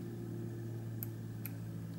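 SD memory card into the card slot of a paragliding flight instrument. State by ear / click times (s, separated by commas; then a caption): seated / 1.0 s. A microSD/SD memory card is pushed into the card slot of a Digifly paragliding flight instrument, pressed home with the edge of another SD card. Over a steady low hum, a sharp click sounds at 1.0 s, followed by a second short tick at 1.5 s. The card is seated and fully inserted.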